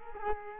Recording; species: mosquito wingbeat signal from an infrared sensor; Culex quinquefasciatus